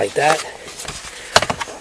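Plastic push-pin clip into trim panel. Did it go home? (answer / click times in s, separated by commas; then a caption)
yes / 1.4 s. A plastic push-pin retainer is pressed into a hole in a trim panel during a rear strut replacement on a 2005 Honda Accord. Someone talks at the start, then a sharp snap at 1.4 s shows the push pin seating, followed by two softer clicks. The pin snaps in and is seated.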